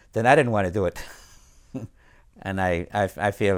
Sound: he laughs

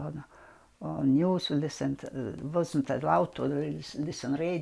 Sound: none

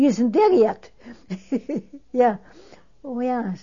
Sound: she laughs

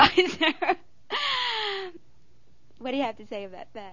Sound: she laughs

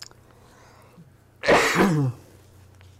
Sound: coughs

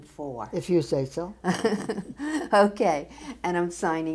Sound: laughs

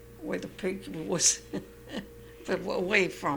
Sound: she laughs

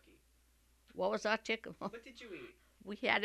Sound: none

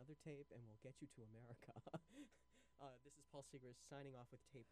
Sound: laughs

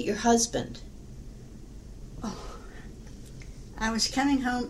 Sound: sighs

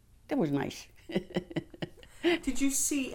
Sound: she laughs

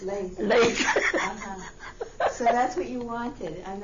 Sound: she laughs

